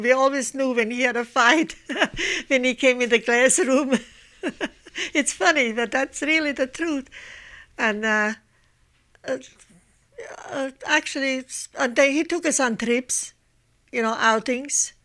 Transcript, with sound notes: We always knew when he had a fight when he came in the classroom. ( she laughs ) It's funny that that's really the truth. And, uh, actually, it's a day, he took us on trips, you know, outings.